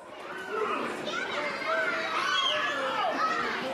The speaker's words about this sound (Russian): Под радостный визг детишек, аплодисменты, смех, 4 клоуна вынырнули из лифта.